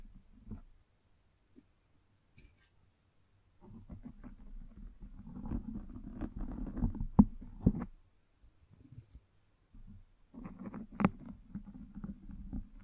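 A microphone is brushed and scratched in uneven bursts: a short rub near the start, a longer, louder stretch of dense low scraping from about four to eight seconds with sharp clicks, then another burst after ten seconds. Between bursts there are near-silent gaps with faint ticks.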